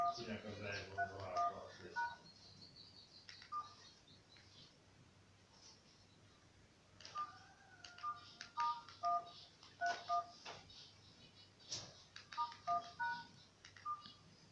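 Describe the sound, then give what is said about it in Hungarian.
Several bursts of short, steady beeping keypad tones as a phone number is entered, each press a brief two-note blip, coming in quick runs with pauses between and some faint background sounds. “Még egyszer meg beírom, várjatok.”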